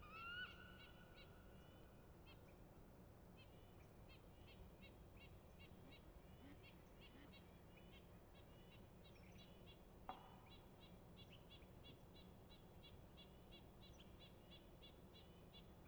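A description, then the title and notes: A young eagle calls over and over in quick, high, chittering bursts at dawn, with a soft low rumble underneath and one sharp click near ten seconds. Dawn in Little Pend Oreille National Wildlife Refuge, Bayley's Lake is waking. A young eagle calls hungrily for feeding.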